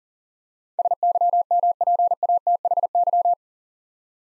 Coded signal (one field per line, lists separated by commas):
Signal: Morse code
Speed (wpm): 40 wpm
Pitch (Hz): 700 Hz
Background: none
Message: SYMPATHY